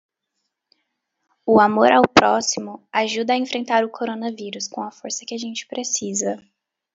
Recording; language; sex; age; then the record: spoken sentence; Brazilian Portuguese; female; 20 to 29 years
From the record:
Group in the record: control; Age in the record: 23 years